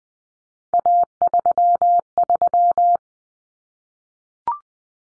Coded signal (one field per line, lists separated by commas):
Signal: Morse code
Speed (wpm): 20 wpm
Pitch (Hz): 700 Hz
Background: none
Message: A33